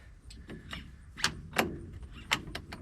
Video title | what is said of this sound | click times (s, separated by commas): Hunters Wasted Deer! GROSS! You Won't Believe How I found it! I MOWED A DEER! | Locks into place. Very, very simple. | 2.6 s